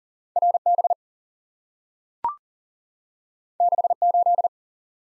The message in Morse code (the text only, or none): R B 6 8